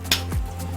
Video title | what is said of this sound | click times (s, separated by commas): [미니벨로] 전기자전거 의 테X라, 가성비 최고? 부릉이16 전격리뷰 | 딸깍 소리 할 때 까지 해주시면 끝 이제 타실 준비가 되는데 | 0.1 s